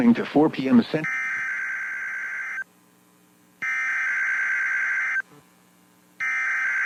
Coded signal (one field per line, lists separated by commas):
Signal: Emergency Alert System (SAME) tones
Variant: header bursts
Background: speech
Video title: EAS #2,348 OUN Required Weekly Test 10/29/25